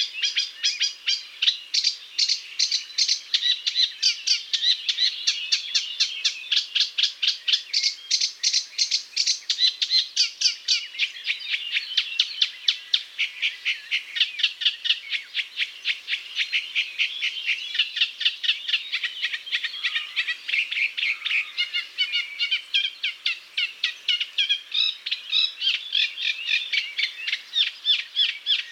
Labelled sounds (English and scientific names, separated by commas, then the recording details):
Eurasian Reed Warbler (Acrocephalus scirpaceus) song
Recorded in the wild
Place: Waltershofen / Freiburg im Breisgau, Baden-Württemberg, DE
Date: 1999-06-20
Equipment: MiniDisc Sony MZ-R35, Telinga DAT, Telinga-Parabolspiegel
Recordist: Schwarz, Dieter